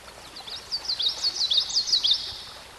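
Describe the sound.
Songbird singing a fast, high twittering phrase of looping whistled notes that swoop up and down, over steady soft hiss.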